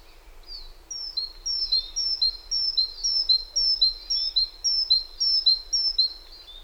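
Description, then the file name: Great tit song: a long, even series of paired notes, each high whistle followed by a lower one, about twice a second. "Parus major"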